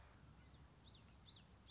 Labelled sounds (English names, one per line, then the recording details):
Common Yellowthroat
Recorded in Sonoma County, California